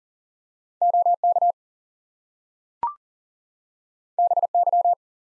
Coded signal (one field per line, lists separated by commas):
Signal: Morse code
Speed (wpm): 41 wpm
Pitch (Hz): 700 Hz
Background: none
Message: OK BY